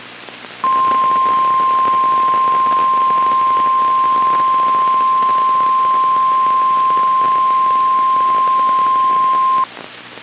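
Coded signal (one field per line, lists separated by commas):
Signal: Emergency Alert System (SAME) tones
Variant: 1050 Hz attention tone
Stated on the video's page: NOAA Weather Radio Required Weekly Tests received from two weather radio stations.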